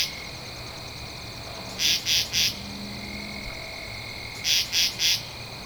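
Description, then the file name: Katydid calling with two sets of three harsh rasping pulses, separated by a few seconds, over a persistent high insect whine. Recorded on 2 October 2012. "Katydid-20121002"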